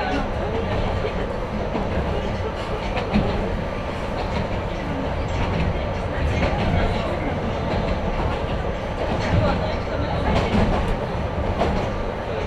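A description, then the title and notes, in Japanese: Riding the Yokkaichi Asunarou Railway, a steady, dense rumble of the train fills the whole twelve seconds, heavy in the low end with little change in level. Faint rattles and clicks recur throughout, with muffled voices mixed into the noise. 四日市あすなろう鉄道 内部→日永→西日野→日永。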